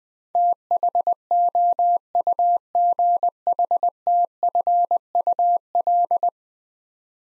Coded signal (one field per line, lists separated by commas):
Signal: Morse code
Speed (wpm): 21 wpm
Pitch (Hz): 700 Hz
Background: none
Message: THOUGHTFUL